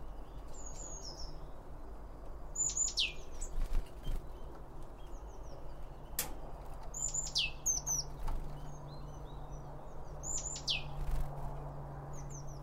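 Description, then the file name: Bird calls with sharp descending whistled notes recur every few seconds, with scattered clicks and taps and a low hum. Birds around a bird feeder, recorded with two Line Audio OM1 microphones. "Birds Around Birdfeeding With Two Om 1 From Line Audio"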